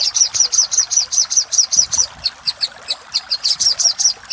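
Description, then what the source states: Little spiderhunter song: sharp high notes repeated about two or three per second, with a short pause midway. Master recording for training cage birds; local name sogok ontong labaik.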